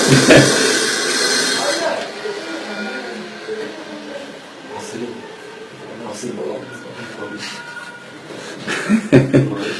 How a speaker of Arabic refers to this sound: طيب الان هم طلبة العلم سابوا الدرس وبيحللوا الصوت ده صوت ايه؟ هم كانا مع فن صناعي فبتقول انه شنيور. طب ممكن تغلق الباب عليهم مثلا في اخ بيفكر ان ده خلاط عصير فبيقول لي اغلقوا خلاط العصير. ماشي عاسفين جدا بس هو دقيقتين بس لان هو تصليح تصليح